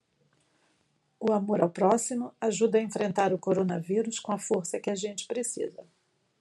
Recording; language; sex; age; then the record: spoken sentence; Brazilian Portuguese; female; 60 to 69 years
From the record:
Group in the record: control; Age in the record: 64 years